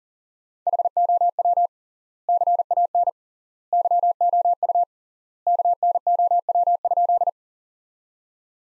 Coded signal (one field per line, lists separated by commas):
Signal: Morse code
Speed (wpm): 40 wpm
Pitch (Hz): 700 Hz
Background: none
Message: HOW CAN YOU KNOW?